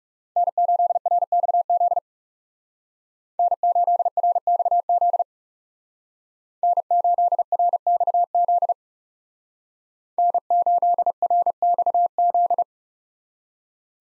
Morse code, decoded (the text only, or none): N8RXZ N8RXZ N8RXZ N8RXZ